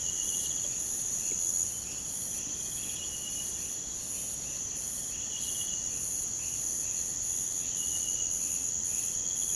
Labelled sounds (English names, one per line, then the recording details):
none
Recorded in pastures near Puerto Asís, Putumayo, Colombia, on 22 June 2025 at 03:30
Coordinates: 0.472, -76.331
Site G095